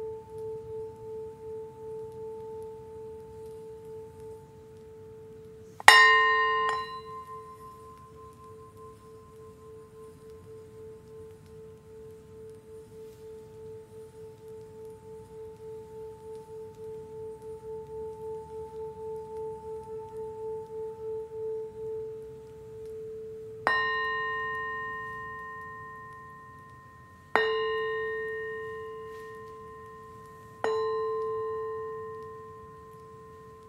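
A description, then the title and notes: Tibetan singing bowls hum steadily with a slow wavering pulse, struck sharply near six seconds, then again around 24, 27 and 31 seconds. Asmr massage no Talking with tibetan singing bowls.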